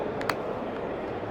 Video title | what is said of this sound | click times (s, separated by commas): 스미스가 알려주는 포핏체어 사용 꿀팁 !! (의자 사용법 & 주의사항) | 각도 조절이 되고 원하는 데서 뭐 봐주시면 딱 소리와 함께 고정이 되게 되어있습니다 | 0.3 s